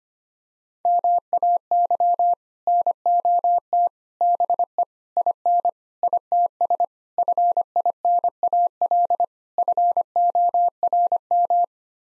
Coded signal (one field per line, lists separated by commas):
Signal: Morse code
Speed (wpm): 25 wpm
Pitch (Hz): 700 Hz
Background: none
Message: MAY NOT BE IN ITS FINAL FORM